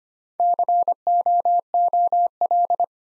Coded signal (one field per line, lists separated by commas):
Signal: Morse code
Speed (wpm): 25 wpm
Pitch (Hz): 700 Hz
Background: none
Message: COOL